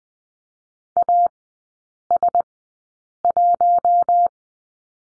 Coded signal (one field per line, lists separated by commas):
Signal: Morse code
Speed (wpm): 20 wpm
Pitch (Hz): 700 Hz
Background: none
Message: AS1